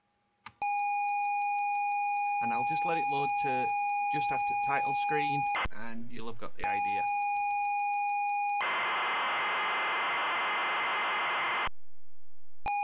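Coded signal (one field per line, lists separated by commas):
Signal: ZX Spectrum tape loading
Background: speech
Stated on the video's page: ZX Spectrum 128k tape loading of a game.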